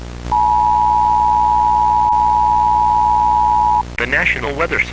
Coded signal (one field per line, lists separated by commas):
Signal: Emergency Alert System (SAME) tones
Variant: 853 and 960 Hz attention tone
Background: speech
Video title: EAS Scenario Silent Tornado